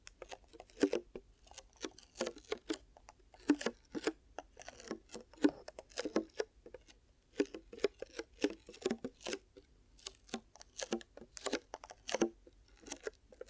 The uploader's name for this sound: ASMR 10 Ear Cupping Triggers